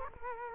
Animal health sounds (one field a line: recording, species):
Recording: mosquito wingbeat signal from an infrared sensor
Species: Culex quinquefasciatus